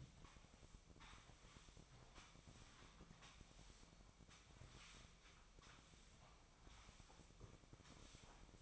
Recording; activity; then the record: daily activity, microphone in the room; sweep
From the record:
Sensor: 1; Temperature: 24.4 degrees Celsius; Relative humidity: 39.3%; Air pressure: 1003.1 hPa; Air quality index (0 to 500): 197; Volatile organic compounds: 6 ppm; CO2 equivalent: 1887 ppm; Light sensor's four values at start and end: 13/32/13/16 and 13/31/13/15